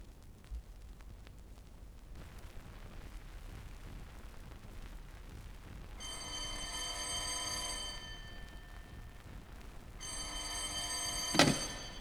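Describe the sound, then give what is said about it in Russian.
Two bursts of an old telephone bell ringing, each about two seconds of bright, harmonic metallic trilling, separated by a pause, over a low rumbling background noise. “Видите, я говорю по телефону.”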